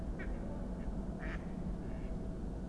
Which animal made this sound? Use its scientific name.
Anas platyrhynchos